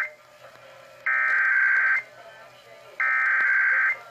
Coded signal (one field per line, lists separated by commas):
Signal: Emergency Alert System (SAME) tones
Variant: header bursts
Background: speech